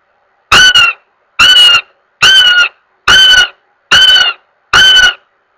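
Goshawk giving a steady series of six harsh, level wailing notes, evenly repeated a little faster than one per second.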